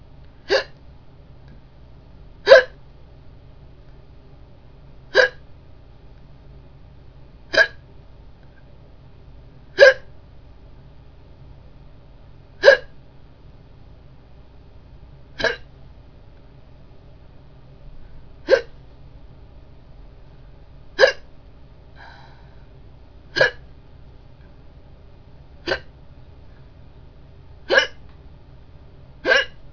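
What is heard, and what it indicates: Thirteen sharp, brief hiccup sounds from an adult recur at fairly regular intervals of about two seconds, roughly 26 per minute, against a quiet low hum. Each is an abrupt click-like gulp with no speech between them, typical of a bout of hiccups.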